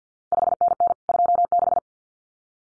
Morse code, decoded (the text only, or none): 5NN 26